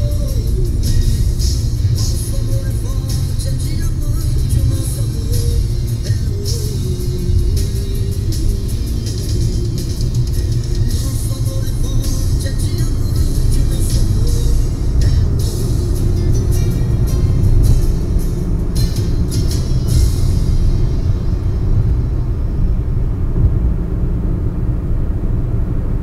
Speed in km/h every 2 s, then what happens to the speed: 74, 77, 77, 75, 82, 90, 97, 105, 114, 117, 119, 117, 120.
0-6 steady at about 75. 6-18 speeds up to 117. 18-26 steady at about 117.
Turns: none.